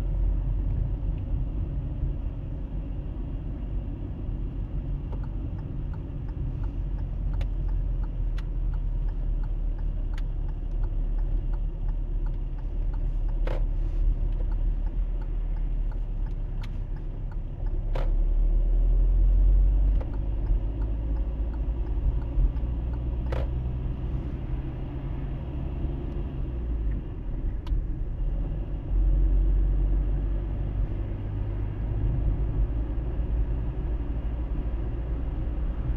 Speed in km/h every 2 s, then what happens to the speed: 23, 22, 22, 20, 17, 17, 16, 17, 15, 22, 26, 29, 32, 32, 34, 37, 41, 42.
0-16 steady at about 17. 16-36 speeds up to 42.